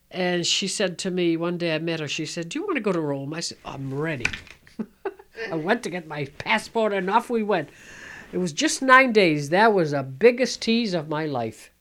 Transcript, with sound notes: And she said to me, one day I met her, she said, "Do you want to go to Rome?" I said, "I'm ready." ( she laughs ) I went to get my passport and off we went. It was just nine days. That was the biggest tease of my life.